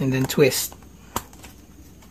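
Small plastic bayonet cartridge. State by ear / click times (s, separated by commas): seated / 1.2 s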